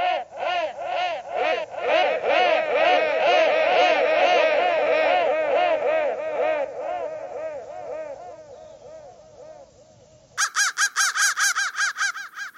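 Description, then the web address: Lower, hoarser crow-like caws in a long rapid run that fades, followed by an abrupt series of higher, sharper caws. "soundfactory crow"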